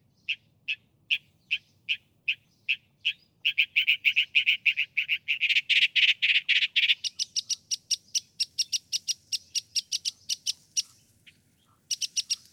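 Northern mockingbird song: evenly spaced sharp notes that quicken into a dense, buzzy trill, then a fast run of high clicking notes.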